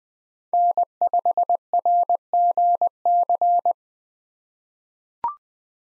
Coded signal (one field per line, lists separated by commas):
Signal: Morse code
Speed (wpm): 21 wpm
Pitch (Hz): 700 Hz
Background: none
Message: N5RGC